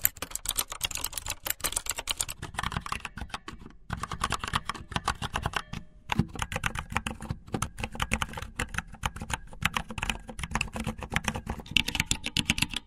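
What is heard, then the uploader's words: Fast typing on a computer keyboard, a dense, quick stream of sharp clicks with a low thud under each keystroke. The rhythm is steady, with brief pauses near four and six seconds before the rapid keystrokes resume. ASMR 15 types of Keyboard with fast typing.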